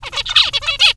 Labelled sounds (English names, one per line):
Zebra Finch song